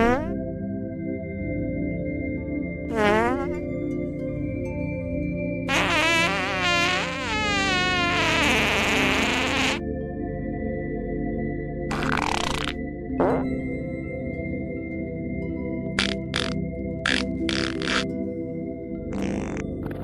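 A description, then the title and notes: Fart sounds: a steady, buzzy low rumble runs the whole time, with wet sputtering bursts on top. A rising squeak comes near three seconds, a long fluttering blast from about six to ten seconds, then shorter raspy pops scattered toward the end. ASMR 30 Minutes of Fart Sounds.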